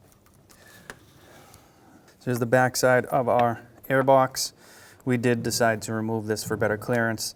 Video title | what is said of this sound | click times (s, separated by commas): How to Replace Variable Valve Timing Solenoid 2007-2013 Mitsubishi Outlander | clip and push till you hear a click. | 0.9 s